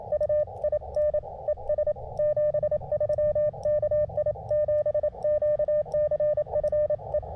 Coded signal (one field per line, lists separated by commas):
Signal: Morse code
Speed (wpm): 26 wpm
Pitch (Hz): 600 Hz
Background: none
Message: UIN ES 73 KI7QCF E